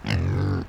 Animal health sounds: contact call of a hoofed animal; wild boar; grunt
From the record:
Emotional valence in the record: positive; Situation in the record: food anticipation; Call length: 0.69 s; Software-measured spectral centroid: 1800 Hz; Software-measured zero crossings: 770 a second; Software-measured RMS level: -24 dBFS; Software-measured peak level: -13 dBFS

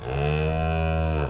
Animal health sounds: contact call of a hoofed animal; cattle; low-frequency (closed-mouth) or high-frequency (open-mouth) call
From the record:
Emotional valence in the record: negative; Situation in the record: full separation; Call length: 1.30 s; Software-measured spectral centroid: 1360 Hz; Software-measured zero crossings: 1100 a second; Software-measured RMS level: -24 dBFS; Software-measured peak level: -13 dBFS

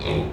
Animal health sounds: contact call of a hoofed animal; pig; closed-mouth grunt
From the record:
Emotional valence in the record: negative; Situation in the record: short social isolation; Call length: 0.33 s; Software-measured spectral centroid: 1770 Hz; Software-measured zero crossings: 1550 a second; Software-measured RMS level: -24 dBFS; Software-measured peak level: -12 dBFS

